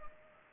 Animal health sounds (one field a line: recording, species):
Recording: mosquito wingbeat signal from an infrared sensor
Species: Culex pipiens